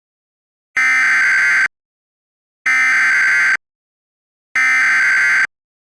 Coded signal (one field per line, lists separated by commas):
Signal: Emergency Alert System (SAME) tones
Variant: header bursts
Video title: EAS Mock 39: EAS Catch 5 Recreation